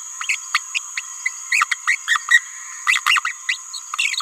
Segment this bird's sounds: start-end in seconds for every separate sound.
0.29-0.35, 0.55-0.60, 0.75-0.79, 1.25-1.30, 1.52-1.64, 1.72-1.74, 1.88-1.95, 2.08-2.17, 2.29-2.38, 2.87-2.99, 3.06-3.19, 3.25-3.33, 3.49-3.58, 3.99-4.21